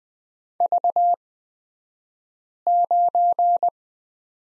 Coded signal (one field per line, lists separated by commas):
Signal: Morse code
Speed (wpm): 20 wpm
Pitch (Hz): 700 Hz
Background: none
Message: V9